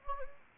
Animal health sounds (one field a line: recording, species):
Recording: mosquito wingbeat signal from an infrared sensor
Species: Anopheles arabiensis